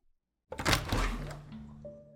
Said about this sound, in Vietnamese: Cửa phòng đóng chặt ngay sau đó.